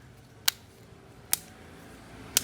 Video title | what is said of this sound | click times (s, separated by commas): ganti lcd oppo a53 yang pecah slurrr …!!! | sampai berbunyi klik ya | 0.5 s, 1.3 s, 2.4 s